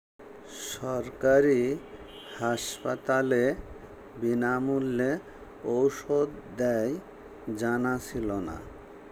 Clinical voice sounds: elicited speech; Bengali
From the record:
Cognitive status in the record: dementia

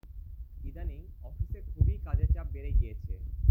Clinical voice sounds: elicited speech; Bengali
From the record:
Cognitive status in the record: cognitively healthy

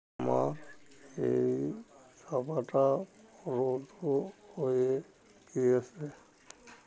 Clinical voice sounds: elicited speech; Bengali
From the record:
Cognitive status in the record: dementia

